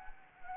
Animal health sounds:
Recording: mosquito wingbeat signal from an infrared sensor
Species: Anopheles gambiae

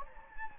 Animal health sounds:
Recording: mosquito wingbeat signal from an infrared sensor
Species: Anopheles gambiae

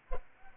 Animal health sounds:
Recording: mosquito wingbeat signal from an infrared sensor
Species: Aedes aegypti

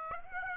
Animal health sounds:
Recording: mosquito wingbeat signal from an infrared sensor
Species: Aedes aegypti

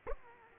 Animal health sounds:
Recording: mosquito wingbeat signal from an infrared sensor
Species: Aedes aegypti

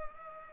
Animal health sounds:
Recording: mosquito wingbeat signal from an infrared sensor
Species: Culex pipiens

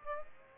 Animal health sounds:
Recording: mosquito wingbeat signal from an infrared sensor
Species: Aedes aegypti

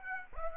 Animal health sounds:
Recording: mosquito wingbeat signal from an infrared sensor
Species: Aedes aegypti

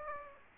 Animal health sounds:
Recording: mosquito wingbeat signal from an infrared sensor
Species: Aedes aegypti

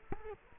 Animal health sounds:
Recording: mosquito wingbeat signal from an infrared sensor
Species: Culex quinquefasciatus

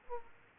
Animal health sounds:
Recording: mosquito wingbeat signal from an infrared sensor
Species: Aedes aegypti

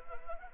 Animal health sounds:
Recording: mosquito wingbeat signal from an infrared sensor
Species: Anopheles arabiensis

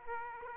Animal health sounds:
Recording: mosquito wingbeat signal from an infrared sensor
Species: Aedes aegypti

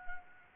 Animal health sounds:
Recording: mosquito wingbeat signal from an infrared sensor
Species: Anopheles arabiensis

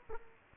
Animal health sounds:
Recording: mosquito wingbeat signal from an infrared sensor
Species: Aedes aegypti

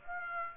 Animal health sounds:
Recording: mosquito wingbeat signal from an infrared sensor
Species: Aedes aegypti

